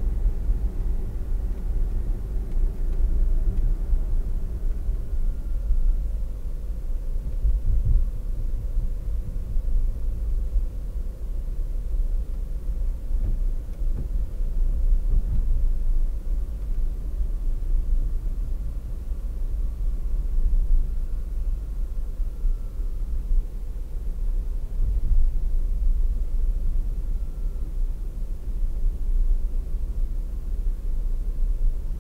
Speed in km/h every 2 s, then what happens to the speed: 72, 68, 65, 62, 62, 62, 63, 62, 58, 55, 50, 46, 44, 43, 44, 44.
0-5 slows to 62. 5-15 steady at about 62. 15-25 slows to 43. 25-32 steady at about 44.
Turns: none.